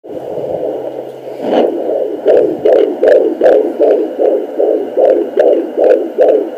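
Rapid, regular whooshing pulses, about 150 a minute, over a steady low hum: a fetal heartbeat picked up by Doppler at 32 weeks of pregnancy, a rate within the usual range for a fetus.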